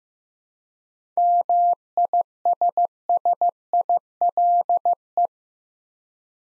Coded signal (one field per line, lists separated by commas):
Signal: Morse code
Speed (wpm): 15 wpm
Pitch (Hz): 700 Hz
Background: none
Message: MISSILE